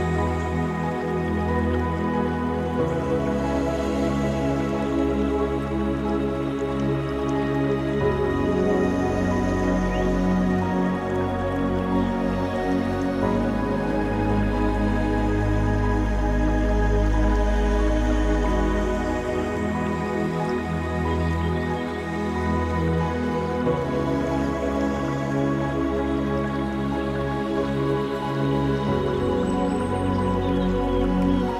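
Slow meditation music with long held chords over a deep, steady low drone, shifting to new chords every several seconds. The level stays even throughout, with soft high shimmer above and faint dripping or trickling water sounds in the background.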